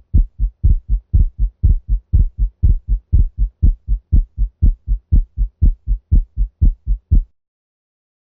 Heartworm disease and subsequent pulmonary hypertension is probably the most common cause of persistent splitting of S2 in dogs. 120 beats per minute.